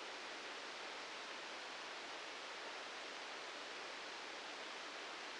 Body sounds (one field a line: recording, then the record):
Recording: brain microelectrode recording played as sound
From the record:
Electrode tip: outside the subthalamic nucleus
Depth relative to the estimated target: 3 mm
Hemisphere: left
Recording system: NeuroSet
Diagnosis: Parkinson's disease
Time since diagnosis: 8 years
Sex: male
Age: 58 years